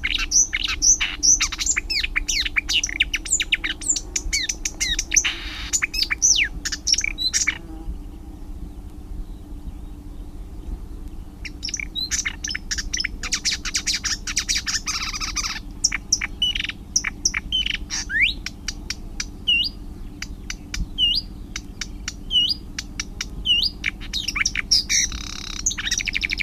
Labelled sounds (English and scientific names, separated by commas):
Marsh Warbler (Acrocephalus palustris) song